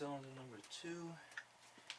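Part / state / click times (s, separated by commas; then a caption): spark plug wire boot onto ignition coil pack terminal / seated / 1.9 s. Someone talks while the spark plug wire boot for cylinder number two is pushed onto the ignition coil pack terminal of a GM 3100 V6 in a 1995 Grand Prix during an intake manifold gasket replacement. A short, sharp click is heard at 1.9 s as the boot seats onto the coil pack terminal.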